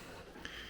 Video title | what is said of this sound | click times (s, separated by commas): Building the Deboer 80" Seaview - Chapter 3 with the RCSubGuy | covers snap into place | 0.5 s